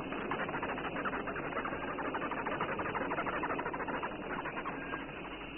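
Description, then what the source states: Longhorn beetle defensive noise: a dense rasping buzz of rapid pulses running unbroken through the whole stretch. About one inch long; relies on sound to keep danger at bay; the noise it makes at night is quite alarming.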